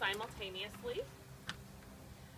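Someone talks as the rear brake pedal on a Contours Options Elite Tandem stroller is pressed. A single sharp click at 1.5 seconds marks the pedal locking both rear wheels at the same time.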